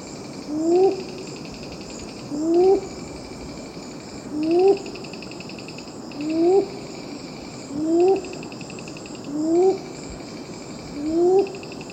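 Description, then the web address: Red-billed ground-cuckoo calls, a low rising hooted note repeated about every two seconds, with constant high insect buzzing and trilling behind. Recorded in the eastern lowlands of South America. "Natures Songs S America Eastern Lowlands. Red-billed Ground-Cuckoo"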